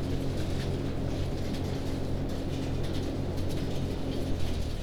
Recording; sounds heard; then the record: poultry house recording; no chicken sound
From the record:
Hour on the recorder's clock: 19